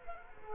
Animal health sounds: mosquito wingbeat signal from an infrared sensor; Culex quinquefasciatus

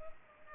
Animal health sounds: mosquito wingbeat signal from an infrared sensor; Culex pipiens

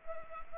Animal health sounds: mosquito wingbeat signal from an infrared sensor; Culex pipiens

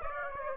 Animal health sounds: mosquito wingbeat signal from an infrared sensor; Aedes aegypti

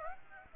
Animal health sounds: mosquito wingbeat signal from an infrared sensor; Aedes aegypti

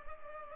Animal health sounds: mosquito wingbeat signal from an infrared sensor; Culex pipiens

